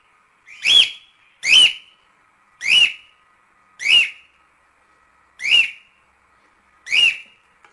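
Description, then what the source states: Cockatiel whistled call, a sharp note repeated six times about a second or more apart with silence between. Lutino colour variety.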